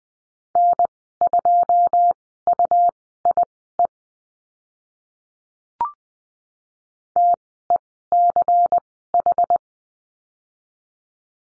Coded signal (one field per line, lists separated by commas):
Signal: Morse code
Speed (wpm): 20 wpm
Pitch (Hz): 700 Hz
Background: none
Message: N2UIE TECH